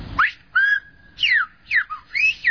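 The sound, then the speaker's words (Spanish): Silbo Gomero whistled language demonstrated at the Torre del Conde in San Sebastián, La Gomera, Canary Islands: a loud, piercing whistle alone, sliding up and down in pitch across five or six quick phrases, some notes held steady, separated by brief pauses. “Estamos aquí en San Sebastián, en la Torre del Conde, y venimos a hacer una exhibición de silbo.”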